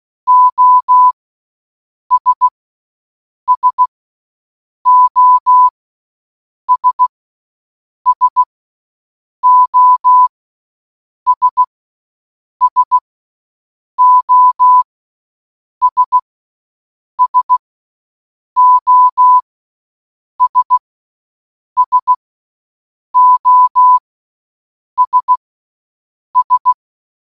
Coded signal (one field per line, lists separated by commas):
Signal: Morse code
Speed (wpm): 16 wpm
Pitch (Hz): 1000 Hz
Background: none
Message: OS SOS SOS SOS SOS SOS S